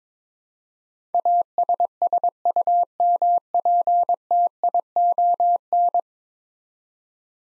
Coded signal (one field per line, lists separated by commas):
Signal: Morse code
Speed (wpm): 22 wpm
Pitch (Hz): 700 Hz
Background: none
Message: ASSUMPTION